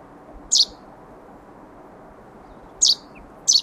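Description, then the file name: Common chaffinch producing sharp, high-pitched call notes, one early then two close together near the end, with light background hiss. "Fringilla coelebs"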